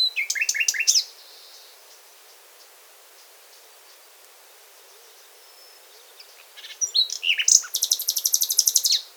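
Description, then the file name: Common nightingale song: a short burst of sharp, varied notes, a long pause, then a fast, loud series of repeated high trilled notes. "Luscinia megarhynchos"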